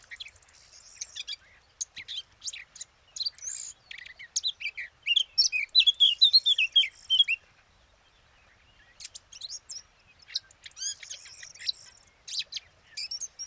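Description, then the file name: Eurasian blackcap warbling song, a jumble of quick high twittering notes building into a louder run of clear slurred whistles, then a pause before softer chatter resumes. "Sylvia atricapilla"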